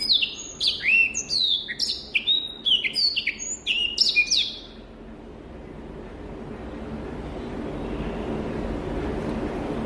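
Rüppell's warbler song: rapid jerky chatter of descending high notes for about five seconds, then only a steady rushing background hiss.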